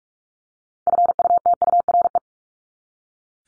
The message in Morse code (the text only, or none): FUTURE